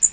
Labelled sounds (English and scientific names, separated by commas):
Blackpoll Warbler (Setophaga striata) flight call